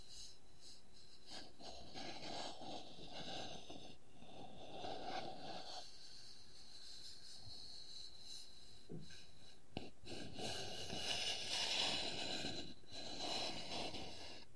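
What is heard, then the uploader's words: Wooden objects scratch and rasp in a steady, dense stream, with a few sharp taps around nine to ten seconds and brighter scraping afterward. ASMR No Talking Wooden Objects Tapping and Scratching.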